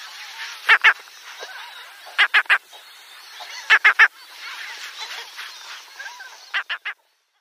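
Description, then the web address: Mediterranean gull giving short nasal calls in quick groups of two or three at irregular intervals, against a continuous chatter of other birds. "Schulze Peter Mediterranean Gull"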